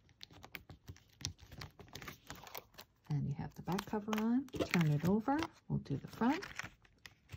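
A plastic notebook cover is handled over the discs of a disc-bound notebook, whose back cover is already on, as the notebook is turned over to do the front. Sharp little taps and rustles come through the first two and a half seconds, then someone talks. Nothing has seated or clicked yet; the front cover has not been pressed onto the discs.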